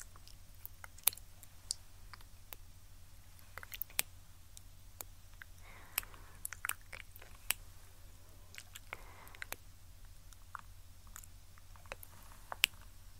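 Ear cleaning sounds: sharp little clicks and crackles pop up irregularly, a few every second, with louder snaps near 1, 4 and 12.5 seconds. Short soft scratchy brushing passes appear around 6 and 9 seconds over a steady low hum.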